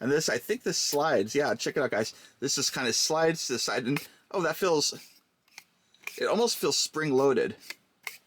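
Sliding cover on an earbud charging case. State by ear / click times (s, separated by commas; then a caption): seated / 8.1 s. Someone talks while sliding the plastic top of a Sony PULSE Explore earbud charging case to the side, with faint small sounds between about 5.5 and 6.0 s. The cover travels with a spring-loaded feel and clicks into its end position at 8.1 s.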